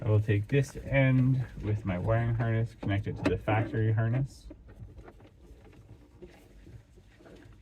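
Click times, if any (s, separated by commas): none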